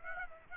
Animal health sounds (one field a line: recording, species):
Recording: mosquito wingbeat signal from an infrared sensor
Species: Aedes aegypti